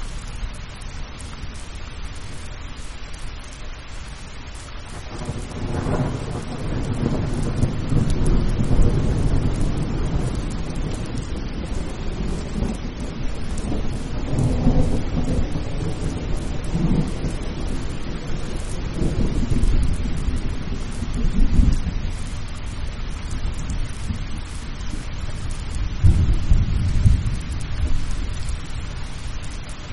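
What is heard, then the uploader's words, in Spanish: Distant thunder rolls in low, heavy rumbles over steady rain, swelling around six, fifteen, twenty and twenty-six seconds before fading back. Tormenta Serena. El sonido distante de una tormenta y el calor del hogar.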